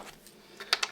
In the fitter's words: put the key in, lock it, and that's locked into place.